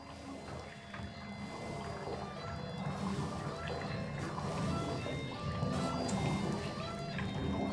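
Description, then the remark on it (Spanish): Continuous sloshing and churning water from electroacoustic devices combined with water in a sound installation at a museum in Medellín, with dense, textured bubbling and a few faint tonal streaks above, holding a steady moderate level throughout without clear breaks. “Al entrar a la sala, el público va a encontrar una serie de dispositivos electroacústicos combinados con agua que al activarlos y operarlos generan diferentes sonidos del agua y de cantos tradicionales de la comunidad Wayú, los Hayichis.”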